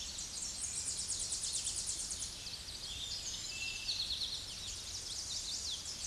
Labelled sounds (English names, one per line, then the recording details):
Tennessee Warbler song
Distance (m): 25 m
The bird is about 5 m above the microphone
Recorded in a Pennsylvania forest on 16 May 2024 at 07:47
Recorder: AudioMoth, point MSD-2306
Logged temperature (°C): 15.6 °C
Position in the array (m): 33 m, 48 m